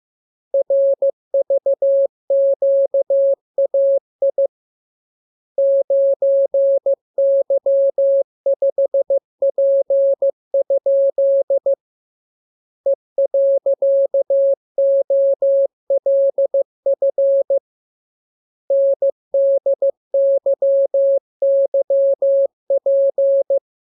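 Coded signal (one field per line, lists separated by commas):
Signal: Morse code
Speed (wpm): 15 wpm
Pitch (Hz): 550 Hz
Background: none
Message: RVQAI 9Y5P? E.OLF NDYYP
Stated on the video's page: Morse code lesson 38 of 42 for amateur radio receiving practice: radiogram opening with VVV and a section sign, ending with AR.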